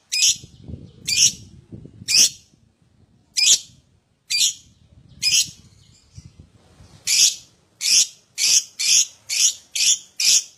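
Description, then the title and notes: Lovebird song with loud, harsh chirps spaced about a second apart, speeding into a rapid string of scratchy notes near the end, faint low rumbling underneath. Adult lovebird in full, vigorous song (gacor), song style described as "owor owor". "LOVEBIRD GACOR OWOR OWOR. Lovebird Dewasa"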